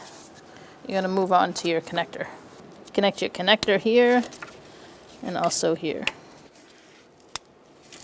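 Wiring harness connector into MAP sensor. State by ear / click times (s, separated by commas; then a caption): seated / 7.4 s. Someone talks, then the plastic wiring harness connector is pushed onto the new MAP sensor of a 2004-2009 Mazda 3. It gives one sharp click at 7.4 seconds, and the connector is seated.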